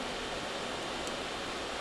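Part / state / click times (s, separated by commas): DCC decoder circuit board into model locomotive frame / not seated / none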